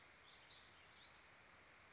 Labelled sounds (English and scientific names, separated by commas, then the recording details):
Chestnut-backed Chickadee (Poecile rufescens)
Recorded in Sonoma County, California